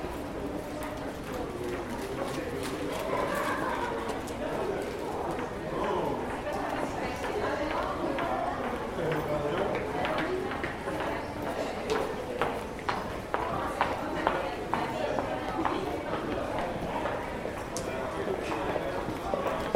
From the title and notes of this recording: Standing In A Narrow Passage At Rush Hour. In the middle of rush hour, I find myself navigating a tunnel to get from the metro to the outside. It’s a relatively narrow transition place connected to a university.